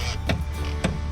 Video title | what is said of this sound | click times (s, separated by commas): Child Seat Safety with the Spring ISD Police Department | listen for that click and you | 0.3 s, 0.8 s